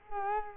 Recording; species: mosquito wingbeat signal from an infrared sensor; Culex quinquefasciatus